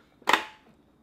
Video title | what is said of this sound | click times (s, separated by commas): Grilled Steak with Spicy Herb Salad | so we just make sure it's in the holes press down until you hear a click | 0.3 s